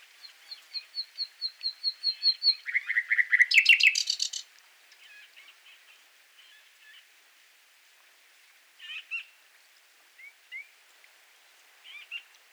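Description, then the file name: Common nightingale song: a quick series of high, even whistled notes, then a fast lower trill and a harsh buzzy burst, followed by scattered soft notes. "Luscinia megarhynchos"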